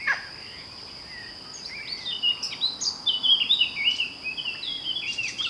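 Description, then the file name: Eurasian blackcap song: a fast, rambling warble of sliding whistled notes lasting about four seconds, backed by a constant thin high-pitched drone. "Sylvia atricapilla"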